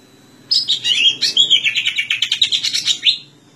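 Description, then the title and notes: Greater green leafbird song: a rapid run of rich, slurred whistles and chattering notes, bright and varied, lasting under three seconds. Used as a training song (masteran) for cucak ijo. "Suara Burung Cucak Ijo. masteran burung cak ijo"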